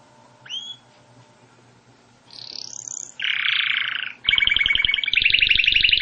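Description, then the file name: Canary song: a single rising whistle, a soft high sweep, a rich buzzy roll, then a loud fast trill rising in pitch. "Canary Voice"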